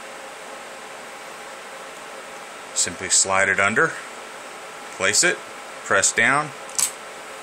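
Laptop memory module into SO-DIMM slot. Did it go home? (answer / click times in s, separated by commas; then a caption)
yes / 6.8 s. Over a steady background hum, someone talks while the first SO-DIMM memory stick is slid at an angle into the memory slot of a Dell Latitude E6510 laptop and pressed down. A short, sharp click at 6.8 s marks the metal retaining wings snapping over the module, and it is seated.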